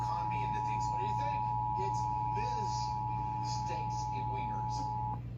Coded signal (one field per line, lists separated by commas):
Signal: Emergency Alert System (SAME) tones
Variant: 853 and 960 Hz attention tone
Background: speech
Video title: Alerts, Alerts, Alerts! | EAS Alerts from 5/2-6/7 (EAS #154-179)